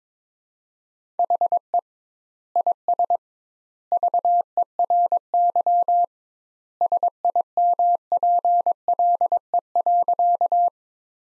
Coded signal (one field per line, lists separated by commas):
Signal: Morse code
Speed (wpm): 22 wpm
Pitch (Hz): 700 Hz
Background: none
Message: HE IS VERY SIMPLE.